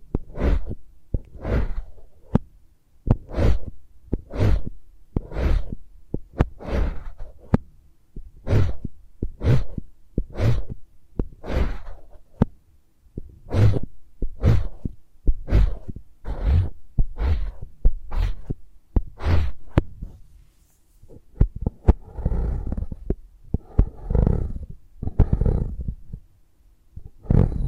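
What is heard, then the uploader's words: Sensitive ASMR triggers with no talking: a steady run of crisp tapping and brushing strokes, each with a soft low thump and a bright crackly edge, arriving about once a second. Near the end the sounds turn rounder and muffled, like rubbing against the microphone. ASMR for People Who Like Sensitive Triggers (No Talking).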